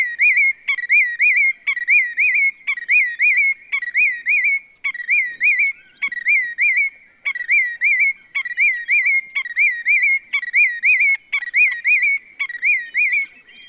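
Steady, ringing Willet calls: a continuous string of sharp rising whistled phrases, with no other sounds.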